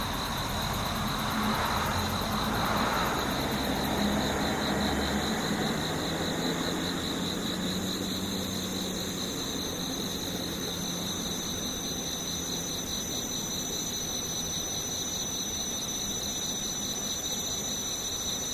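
Insects trill steadily in a high, finely pulsing drone throughout, while a low rumble like passing traffic swells and fades in the first seven seconds.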